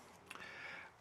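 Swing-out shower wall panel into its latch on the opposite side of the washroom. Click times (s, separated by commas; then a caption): 0.3 s. A swing-out shower wall panel in an Adria Twin 640 SGX 60Y washroom is swung round to the opposite side and into its latch. A single sharp tick is heard at 0.3 s, followed by a second small tick just after and a steady hiss. The panel locks in place.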